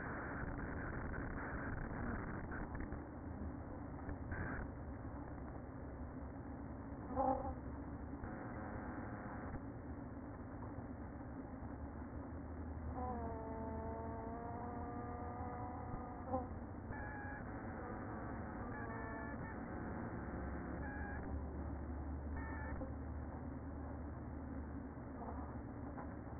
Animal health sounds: honeybee colony, microphone inside the hive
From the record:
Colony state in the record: queen present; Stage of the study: after two queens were removed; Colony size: about 60,000 bees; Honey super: yes

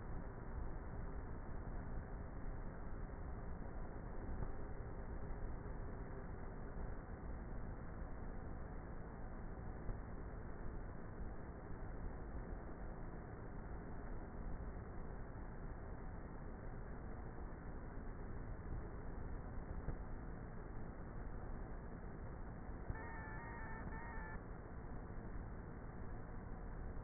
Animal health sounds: honeybee colony, microphone inside the hive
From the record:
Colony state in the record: queenless with a low population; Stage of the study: before two queens were removed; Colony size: about 30,000 bees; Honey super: no

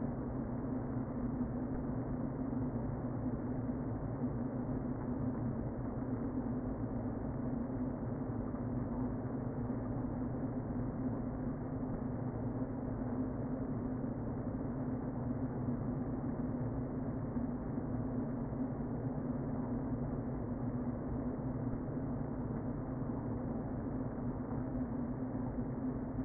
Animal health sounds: honeybee colony, microphone inside the hive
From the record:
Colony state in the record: queen present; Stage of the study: before two queens were removed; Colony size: about 60,000 bees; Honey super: yes

